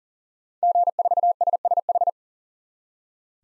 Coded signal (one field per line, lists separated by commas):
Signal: Morse code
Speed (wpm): 40 wpm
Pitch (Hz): 700 Hz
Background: none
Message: G4SSH